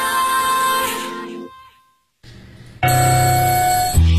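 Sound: alarm clock ringing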